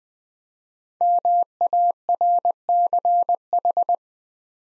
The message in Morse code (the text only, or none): MARCH